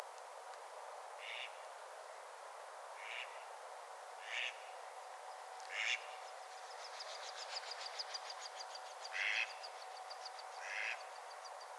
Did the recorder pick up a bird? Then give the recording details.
yes. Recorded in France